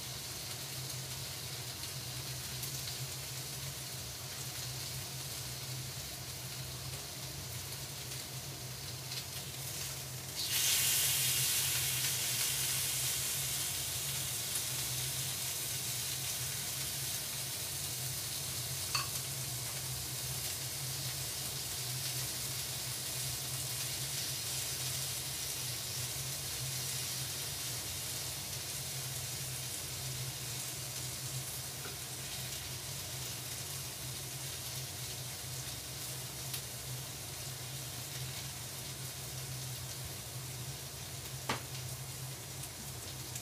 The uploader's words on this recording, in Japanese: 焼肉の音。